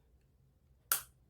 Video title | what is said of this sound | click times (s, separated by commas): Living with a Permanent Colostomy Bag. #ostomybagchange | You hear the snap and then you know it's on. | 0.9 s